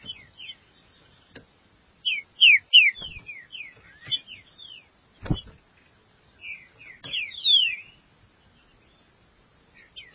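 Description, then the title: Green-winged saltator singing short phrases of loud, sliding whistles, several notes in quick succession, broken by brief pauses and a few sharp taps. "Trinca Ferro"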